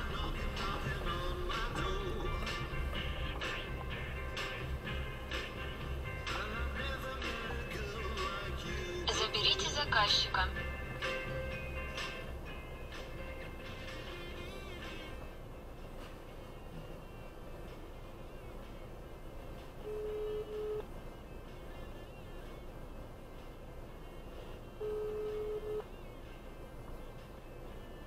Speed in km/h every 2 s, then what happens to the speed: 7, 5, 0, 0, 0, 0, 0, 0, 0, 0, 0, 0, 0, 0.
0-4 slows to 0. 4-28 standing.